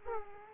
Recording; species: mosquito wingbeat signal from an infrared sensor; Aedes aegypti